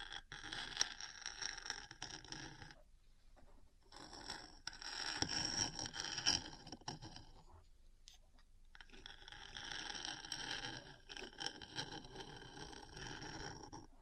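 Metal parts scratch and scrape in long, rough stretches, bright and dense, with small sharp taps scattered through them. The scraping stops for two short pauses, around three to four seconds and again near eight seconds, then resumes steadily to the end.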